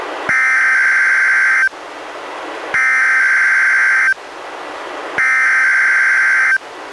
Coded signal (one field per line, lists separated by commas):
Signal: Emergency Alert System (SAME) tones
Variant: header bursts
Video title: EAS #69: NWR Required Weekly Test- Aug. 12, 2015- 11:01AM PDT